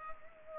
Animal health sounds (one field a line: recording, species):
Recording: mosquito wingbeat signal from an infrared sensor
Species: Culex pipiens